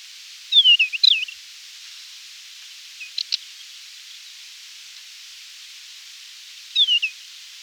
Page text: Desert Wheatear Song 1. Quick Sounds